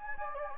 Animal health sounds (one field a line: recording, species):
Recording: mosquito wingbeat signal from an infrared sensor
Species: Anopheles gambiae